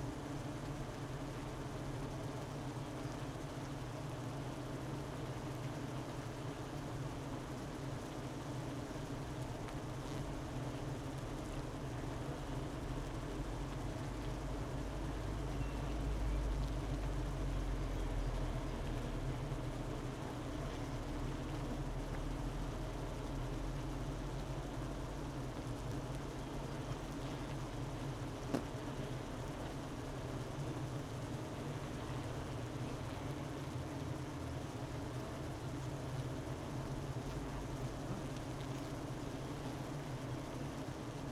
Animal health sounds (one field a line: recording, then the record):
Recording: honeybee colony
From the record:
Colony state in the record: missing queen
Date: 31 May 2018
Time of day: 12:26